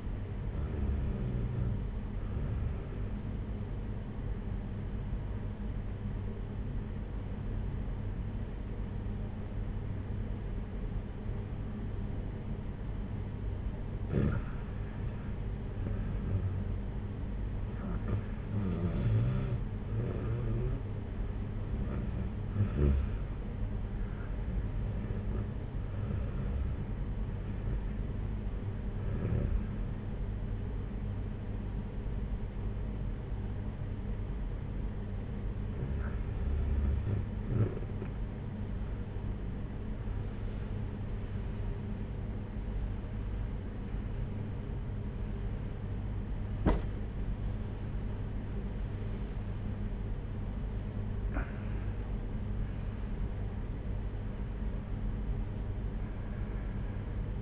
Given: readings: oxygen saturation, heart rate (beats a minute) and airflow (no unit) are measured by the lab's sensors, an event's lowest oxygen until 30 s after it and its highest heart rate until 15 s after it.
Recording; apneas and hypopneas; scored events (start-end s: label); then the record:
breathing in sleep by a smartphone at the bedside; 2
3.00-16.80 s: obstructive apnea (REM, oxygen 95% highest, then 91% lowest, heart rate 59 at the start, 69 highest)
29.00-44.10 s: hypopnea (REM, oxygen 94% highest, then 94% lowest, heart rate 69 at the start, 79 highest)
From the record:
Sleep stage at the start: REM sleep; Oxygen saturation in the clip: 91 to 95%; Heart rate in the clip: 58 to 79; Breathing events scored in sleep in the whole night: 226 in 8.8 hours asleep